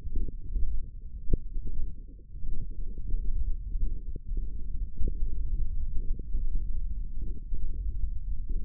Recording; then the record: forearm muscle sounds (acoustic myography)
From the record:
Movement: finger pinch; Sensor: system 1, eight BSWA MPA416 microphones around the upper forearm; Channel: 5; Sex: male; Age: 18 years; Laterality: right